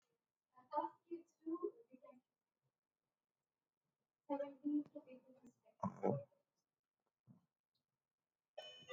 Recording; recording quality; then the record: sustained vowel as in made; poor, much background noise or distortion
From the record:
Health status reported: healthy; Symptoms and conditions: cough, cold, sore throat, fever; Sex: male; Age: 52 years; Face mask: not worn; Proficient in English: yes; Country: India